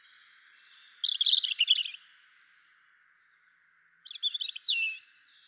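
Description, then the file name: European robin song in two short bursts of high, fluttering trills and thin whistles, over a steady faint hiss. "Erithacus rubecula"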